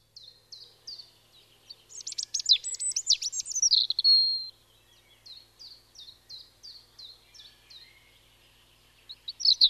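European robin song, a quick run of descending high notes, then a loud tumbling warbled flourish, followed by softer repeated thin notes and a fresh loud start.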